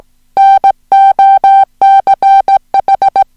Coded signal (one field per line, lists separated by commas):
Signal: Morse code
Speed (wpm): 17 wpm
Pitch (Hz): 780 Hz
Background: music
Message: NOCH